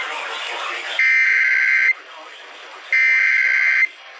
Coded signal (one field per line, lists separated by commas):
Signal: Emergency Alert System (SAME) tones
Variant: header bursts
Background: speech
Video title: FLASH FLOOD EMERGENCY... EAS Alerts from 8/15/20 (EAS #4,933 - 4,965)